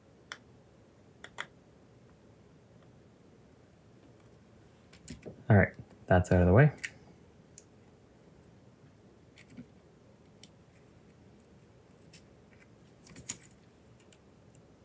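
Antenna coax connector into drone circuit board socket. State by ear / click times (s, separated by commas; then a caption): not seated / none. While reinstalling the antenna wire during a DJI Mini 2 front arm replacement, the small antenna coax connector is handled near its socket on the drone's circuit board, producing scattered short, sharp ticks and taps while someone talks. Nothing has seated or clicked into the socket yet.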